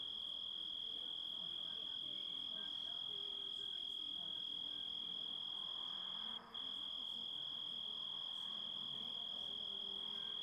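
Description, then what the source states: Continuous grasshopper trill, shrill and level, broken only by a momentary dropout past six seconds, with soft rustling background noise. Composite of several sounds.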